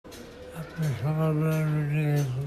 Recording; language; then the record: elicited speech; Bengali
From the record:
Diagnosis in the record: Broca's or global aphasia after a stroke